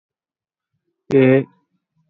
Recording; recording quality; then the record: sustained vowel as in made; excellent, no background noise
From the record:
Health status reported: healthy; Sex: male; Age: 20 years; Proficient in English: yes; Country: India